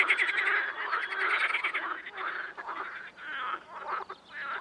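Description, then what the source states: Amphibian chorus of rough croaks and quick rattles, dense at first and thinning slightly. Amphibian ambience.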